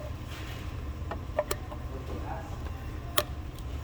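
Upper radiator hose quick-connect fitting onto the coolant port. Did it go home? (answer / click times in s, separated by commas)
yes / 3.2 s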